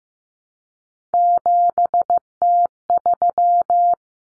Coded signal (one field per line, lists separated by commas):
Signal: Morse code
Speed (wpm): 15 wpm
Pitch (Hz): 700 Hz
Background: none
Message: 7T3